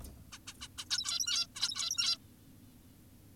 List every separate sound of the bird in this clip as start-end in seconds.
0.32-0.38, 0.48-0.54, 0.61-0.68, 0.78-0.85, 0.90-1.47, 1.56-2.18